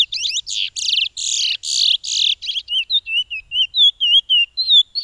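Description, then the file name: Piolet song opening with harsh, buzzy chattering bursts, then shifting to a steady series of short wavy whistles repeated several times a second. "suara burung piolet omkicau"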